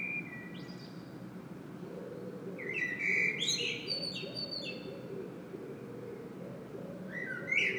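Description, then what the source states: Common blackbird giving a brief soft note, then a full fluty phrase with high scratchy twittering, and the start of another phrase at the end; low background rumble. Common blackbird singing in Saint-Gilles, Belgium; Sony PCM-M10 internal microphone.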